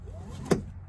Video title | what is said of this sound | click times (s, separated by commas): Buckling Up the Sleepypod Air | okay hear that click let it go | 0.5 s